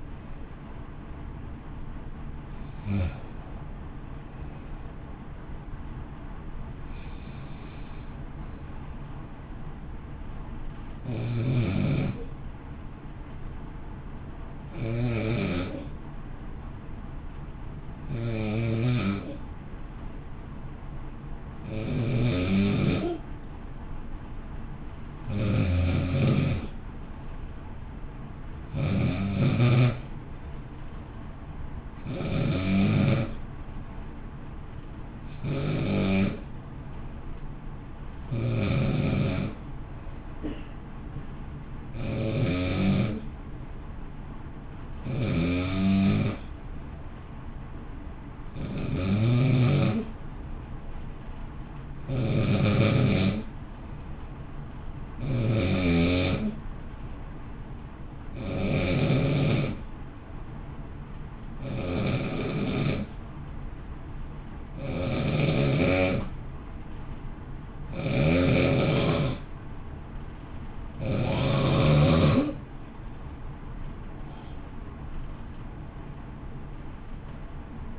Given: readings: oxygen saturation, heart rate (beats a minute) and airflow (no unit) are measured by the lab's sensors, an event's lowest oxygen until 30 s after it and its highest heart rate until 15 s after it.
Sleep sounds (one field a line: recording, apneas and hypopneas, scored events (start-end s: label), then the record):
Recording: breathing in sleep by a smartphone at the bedside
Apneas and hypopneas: 2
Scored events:
12.00-31.80 s: hypopnea (N2, oxygen 94% highest, then 91% lowest, heart rate 55 at the start, 59 highest)
45.00-71.00 s: hypopnea (N2, oxygen 93% highest, then 90% lowest, heart rate 52 at the start, 60 highest)
65.00-77.99 s: new sleep stage, N1 (lightest sleep)
From the record:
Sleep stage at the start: N2 (light sleep)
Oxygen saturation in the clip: 87 to 94%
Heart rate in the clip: 52 to 60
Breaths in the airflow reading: 23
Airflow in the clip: -0.7 to 0.8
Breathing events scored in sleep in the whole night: 328 in 6.3 hours asleep